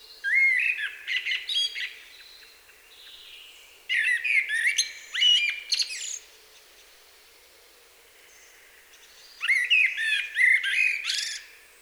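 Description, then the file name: Common blackbird song in three bursts: rich fluty notes run into strained, squeaky high flourishes, with quieter gaps of a few seconds between. "Turdus merula"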